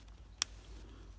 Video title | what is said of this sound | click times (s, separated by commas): Seiko 0634 Service Tutorial | each side you heard it just click there | 0.4 s